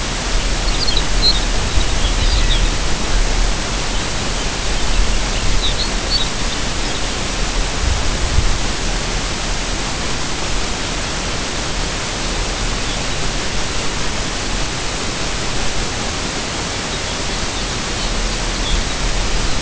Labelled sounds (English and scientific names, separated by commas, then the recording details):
Lapland Longspur (Calcarius lapponicus)
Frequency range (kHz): Lapland Longspur (Calcarius lapponicus) 1.7-5.8 kHz
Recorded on Arctic tundra, site UTQI-5, on 25 June 2018
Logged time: 10:00